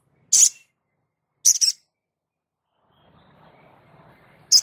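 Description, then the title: Spiderhunter giving sharp, very high chips in three short bursts spread over a few seconds, with a faint low rumble under the later part. Labaik variant, from a masteran (cage-bird training) recording. "Sogok Ontong Labaik"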